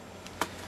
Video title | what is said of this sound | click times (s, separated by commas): Transformers ROTF Leader Class Jetfire Video Review | close it shut till it clicks. | 0.4 s